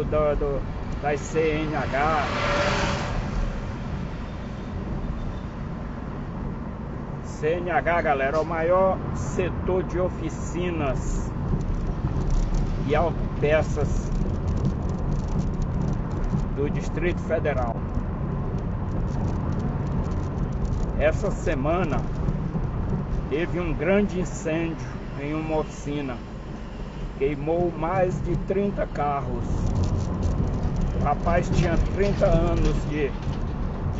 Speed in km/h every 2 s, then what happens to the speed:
42, 43, 44, 44, 45, 44, 41, 40, 42, 43, 42, 43, 43, 41, 41, 41, 41.
0-34 steady at about 42.